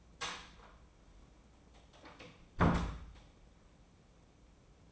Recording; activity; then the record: daily activity, microphone in the room; close door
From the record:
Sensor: 1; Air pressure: 1012.4 hPa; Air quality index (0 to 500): 162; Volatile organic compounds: 3 ppm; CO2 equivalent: 1334 ppm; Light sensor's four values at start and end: 880/1817/882/978 and 879/1815/880/976